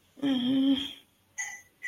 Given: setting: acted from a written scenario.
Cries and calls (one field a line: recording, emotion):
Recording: vocal sound without words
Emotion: disappointment